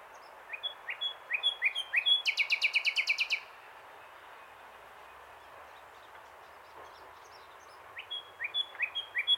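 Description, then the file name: Common nightingale song: rising whistled notes in a series, then a loud rapid trill; after a silence the rising whistles begin again. "Luscinia megarhynchos"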